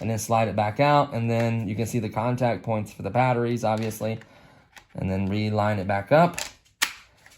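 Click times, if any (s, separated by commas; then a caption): 6.8 s. Someone talks while the two plastic halves of a transmitter for a 1/76 RC sports car (Turbo Racing C72) are lined up again after being separated and slid back together. A sharp click at 6.8 s marks the transmitter halves locking in place, seated.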